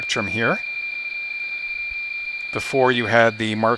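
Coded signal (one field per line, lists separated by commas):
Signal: PSK31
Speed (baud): 31.25 baud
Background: speech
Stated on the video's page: Received on 40m with an RTL-SDR; RTTY45, BPSK31 and CW signals from the ARRL station.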